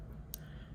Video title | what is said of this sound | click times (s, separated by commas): How To Thread And Wind Bobbin On Juki 1541S | until it clicks in place right there | 0.3 s